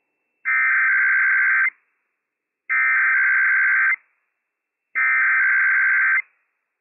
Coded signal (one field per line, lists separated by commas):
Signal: Emergency Alert System (SAME) tones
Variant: header bursts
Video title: H.265! - IPAWS Required Weekly Test - WWF56 - EAS #213 - 11:00 AM PST 1/3/22